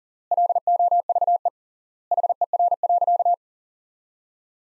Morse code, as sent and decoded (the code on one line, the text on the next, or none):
.-.. --- ...- . / .... . .-. .-.-.-
LOVE HER.